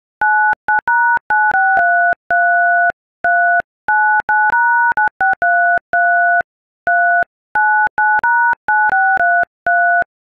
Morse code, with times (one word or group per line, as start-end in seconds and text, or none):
none